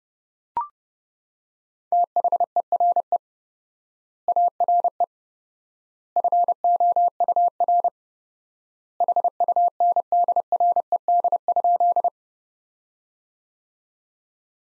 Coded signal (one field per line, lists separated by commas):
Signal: Morse code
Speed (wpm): 30 wpm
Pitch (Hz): 700 Hz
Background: none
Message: THERE ARE FOUR HUNDRED?